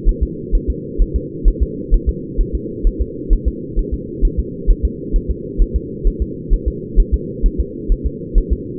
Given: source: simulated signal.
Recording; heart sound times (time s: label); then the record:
fetal heart sounds
0.09 s: S1
0.23 s: S2
0.55 s: S1
0.70 s: S2
1.02 s: S1
1.16 s: S2
1.48 s: S1
1.62 s: S2
1.94 s: S1
2.09 s: S2
2.41 s: S1
2.55 s: S2
2.87 s: S1
3.01 s: S2
3.33 s: S1
3.48 s: S2
3.79 s: S1
3.94 s: S2
4.25 s: S1
4.39 s: S2
4.70 s: S1
4.85 s: S2
5.16 s: S1
5.31 s: S2
5.61 s: S1
5.76 s: S2
6.07 s: S1
6.22 s: S2
6.53 s: S1
6.68 s: S2
7.00 s: S1
7.14 s: S2
7.46 s: S1
7.60 s: S2
7.92 s: S1
8.06 s: S2
8.38 s: S1
8.53 s: S2
From the record:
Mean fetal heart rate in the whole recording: 130 bpm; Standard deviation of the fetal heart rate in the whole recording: 2 bpm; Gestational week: 38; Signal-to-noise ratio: -4.1 dB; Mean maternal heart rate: no maternal heart sound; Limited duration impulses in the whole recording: absent